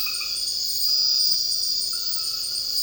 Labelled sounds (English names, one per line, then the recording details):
none
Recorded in dense forest near Puerto Asís, Putumayo, Colombia, on 18 February 2024 at 01:00
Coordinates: 0.481, -76.318
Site G6421